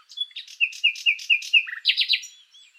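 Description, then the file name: Common nightingale song: a string of repeated whistled notes about four per second, dropping into a low buzzy phrase, then a fast rattling trill and a soft ending. "Luscinia megarhynchos"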